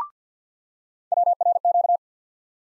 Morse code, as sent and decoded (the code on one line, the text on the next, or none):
.-- .-. --.-
WRQ